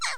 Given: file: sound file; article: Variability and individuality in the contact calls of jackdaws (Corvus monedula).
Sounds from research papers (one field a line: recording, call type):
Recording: jackdaw call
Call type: noisy